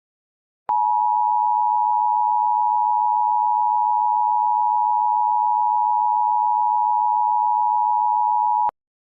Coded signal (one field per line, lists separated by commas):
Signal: Emergency Alert System (SAME) tones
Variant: 853 and 960 Hz attention tone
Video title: EAS MOCK REQUESTED: Tornado Emergency for Fairmedows. @ItsGuyP1ggysOfficialChannel .